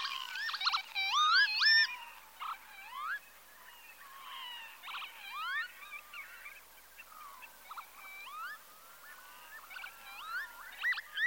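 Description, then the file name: Northern lapwing calls: many overlapping wheezy notes sweeping up and down, given rapidly by several birds at once over a faint background hiss. "Tofsvipa"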